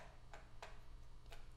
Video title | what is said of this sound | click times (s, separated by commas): General & Camera Workshop (Remote) | and then it should just click into place did you hear that beautiful | 0.6 s